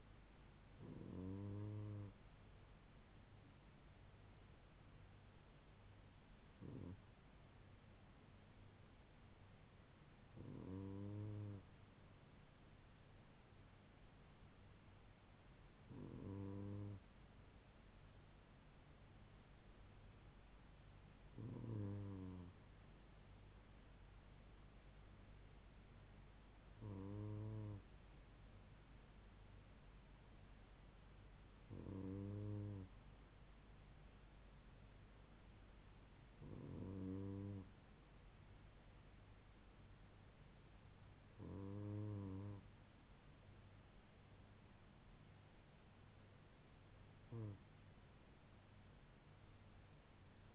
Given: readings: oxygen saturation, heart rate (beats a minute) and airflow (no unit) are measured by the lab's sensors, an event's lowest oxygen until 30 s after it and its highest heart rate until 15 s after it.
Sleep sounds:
breathing in sleep by a voice recorder at the bedside; none
none scored
From the record:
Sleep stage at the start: N2 (light sleep); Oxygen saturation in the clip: 96%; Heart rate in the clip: 73 to 78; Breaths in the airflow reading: 10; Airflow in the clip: -3.1 to 3.0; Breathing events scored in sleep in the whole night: 158 in 7.3 hours asleep

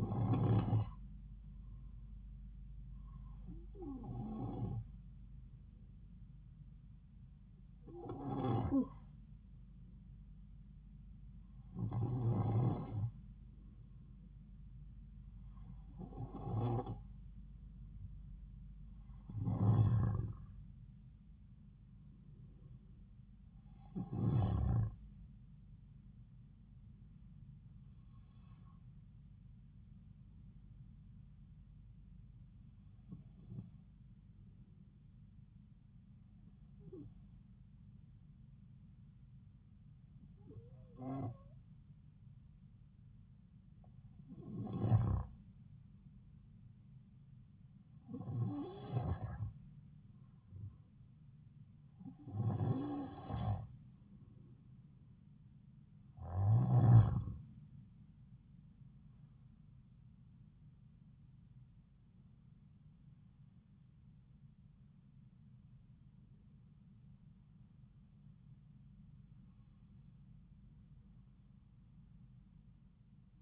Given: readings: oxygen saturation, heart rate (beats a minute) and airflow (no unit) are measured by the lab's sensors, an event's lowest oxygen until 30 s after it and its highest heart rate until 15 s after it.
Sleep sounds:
breathing in sleep by a smartphone at the bedside; 1
36.00-58.90 s: hypopnea (N2, oxygen 94% highest, then 92% lowest)
55.00-73.42 s: new sleep stage, N1 (lightest sleep)
From the record:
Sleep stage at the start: N2 (light sleep); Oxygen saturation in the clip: 92 to 94%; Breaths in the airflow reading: 18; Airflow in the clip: -4.5 to 6.3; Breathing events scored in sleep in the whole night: 270 in 6.1 hours asleep

